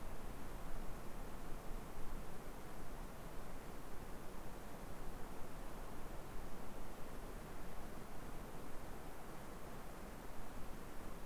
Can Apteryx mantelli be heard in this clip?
no